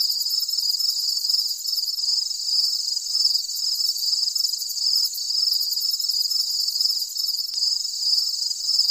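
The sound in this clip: Cricket chorus of continuous shrill, pulsing chirps, high and steady throughout, with softer rhythmic chirps lower down.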